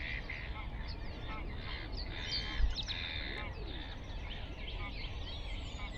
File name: Black headed gull